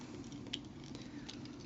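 A plastic shoulder piece on a Transformers Generations Trailcutter robot toy is pushed so its divot clips onto the car's side mirror, locking into place with a sharp click at 0.5 s. Softer small plastic ticks and handling noises follow, and someone talks.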